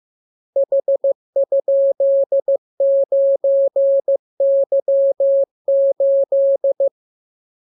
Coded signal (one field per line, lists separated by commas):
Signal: Morse code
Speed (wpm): 15 wpm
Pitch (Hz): 550 Hz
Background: none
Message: H?9Y8